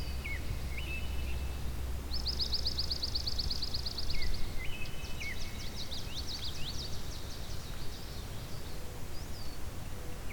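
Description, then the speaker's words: Swamp Sparrow trills, two runs of high notes, the first fast and even, the second less regular, mixed with other birds' short whistled calls over steady low background noise. Lots of swamp sparrows singing; the song varies in speed, from rapid to slightly less rapid; in an ecological preserve. "There's different speeds to the swamp sparrow."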